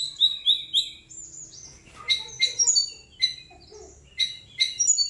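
Songbird song: a few high slurred whistles, then sharp clustered chips repeated in short bursts with brief gaps.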